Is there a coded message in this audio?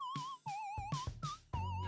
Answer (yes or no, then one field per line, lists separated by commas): no